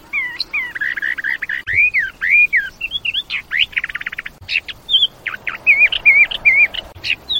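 Bird song, busy mix of warbled whistles, quick buzzy trills and looping slurred notes, pouring out almost without pause.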